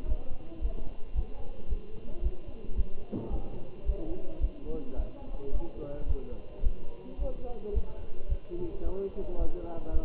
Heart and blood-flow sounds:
heart sounds by stethoscope; between the tricuspid and mitral areas; 110 bpm
0.09 s: heartbeat
0.63 s: heartbeat
1.16 s: heartbeat
1.70 s: heartbeat
2.24 s: heartbeat
2.78 s: heartbeat
3.32 s: heartbeat
3.88 s: heartbeat
4.42 s: heartbeat
4.98 s: heartbeat
5.54 s: heartbeat
6.09 s: heartbeat
6.64 s: heartbeat
7.20 s: heartbeat
7.75 s: heartbeat
8.30 s: heartbeat
8.85 s: heartbeat
9.40 s: heartbeat
9.94 s: heartbeat
From the record:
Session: Bruce protocol treadmill stress test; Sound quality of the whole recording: good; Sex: male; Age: 27 years

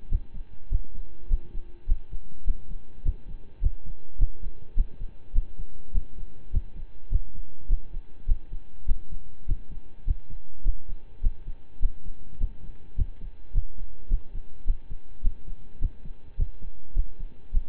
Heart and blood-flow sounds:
heart sounds by stethoscope; between the tricuspid and mitral areas; 103 bpm
0.08 s: heartbeat
0.69 s: heartbeat
1.28 s: heartbeat
1.86 s: heartbeat
2.44 s: heartbeat
3.03 s: heartbeat
3.60 s: heartbeat
4.17 s: heartbeat
4.74 s: heartbeat
5.33 s: heartbeat
5.92 s: heartbeat
6.51 s: heartbeat
7.09 s: heartbeat
7.67 s: heartbeat
8.26 s: heartbeat
8.85 s: heartbeat
9.46 s: heartbeat
10.04 s: heartbeat
10.63 s: heartbeat
11.21 s: heartbeat
11.79 s: heartbeat
12.38 s: heartbeat
12.95 s: heartbeat
13.52 s: heartbeat
14.08 s: heartbeat
14.64 s: heartbeat
15.22 s: heartbeat
15.79 s: heartbeat
16.36 s: heartbeat
16.93 s: heartbeat
17.51 s: heartbeat
From the record:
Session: slow and fast walking with breaks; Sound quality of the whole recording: saturated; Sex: male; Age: 25 years

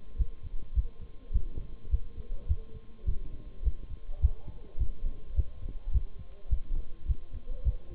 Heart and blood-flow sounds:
heart sounds by stethoscope; between the tricuspid and mitral areas; 104 bpm
0.18 s: heartbeat
0.75 s: heartbeat
1.33 s: heartbeat
1.91 s: heartbeat
2.48 s: heartbeat
3.06 s: heartbeat
3.64 s: heartbeat
4.21 s: heartbeat
4.79 s: heartbeat
5.36 s: heartbeat
5.93 s: heartbeat
6.50 s: heartbeat
7.07 s: heartbeat
7.64 s: heartbeat
From the record:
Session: Bruce protocol treadmill stress test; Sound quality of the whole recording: partially saturated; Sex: male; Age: 23 years

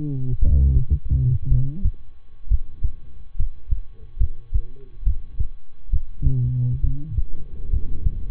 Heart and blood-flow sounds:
heart sounds by stethoscope; between the tricuspid and mitral areas; 66 bpm
0.38 s: heartbeat
1.47 s: heartbeat
2.47 s: heartbeat
3.35 s: heartbeat
4.17 s: heartbeat
5.03 s: heartbeat
5.89 s: heartbeat
6.80 s: heartbeat
7.69 s: heartbeat
From the record:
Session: rest, lying down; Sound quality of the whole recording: good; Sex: male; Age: 23 years

